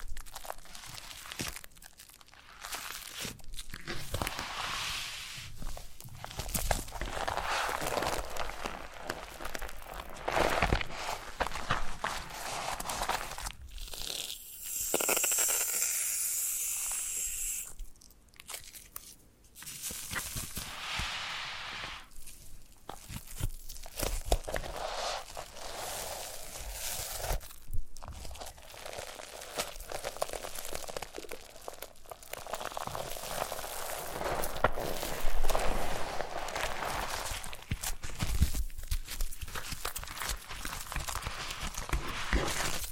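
Foam massage: a continuous dense rubbing and crinkling, scratchy and bright, with steady texture punctuated by short gaps and firmer crunchy strokes. Around 15 to 18 seconds the sound thins into a brief airy hiss before the rubbing resumes at similar intensity.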